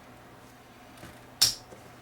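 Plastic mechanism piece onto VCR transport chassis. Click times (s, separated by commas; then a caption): 1.4 s. A plastic piece of a Sony SVO150 VCR tape mechanism is pushed back onto its post on the transport chassis. After low background hum and a faint tick near 1.0 s, a sharp, bright snap sounds at 1.4 s as the piece seats in place.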